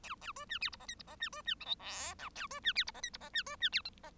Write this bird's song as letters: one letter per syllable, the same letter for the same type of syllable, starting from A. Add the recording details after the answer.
A A B C D E F G E F C B C H I J K A B C D E F G E F C B C D H F. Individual Bird1